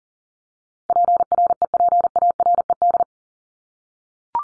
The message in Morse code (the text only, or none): PREPARED